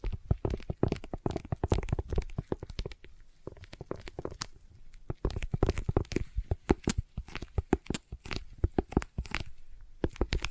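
Sticky tapping and sticky triggers come in dense bursts of quick, sharp clicks and peeling, tacky crackles that run nearly without pause. Short lulls fall around three and five seconds, and a few louder, brighter snaps stand out over a low, soft thudding underneath.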